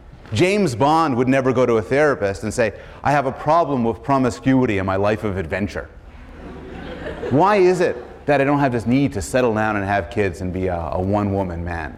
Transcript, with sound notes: James Bond would never go to a therapist and say, "I have a problem with promiscuity and my life of adventure. [laughter] Why is it that I don't have this need to settle down and have kids and be a one-woman man?"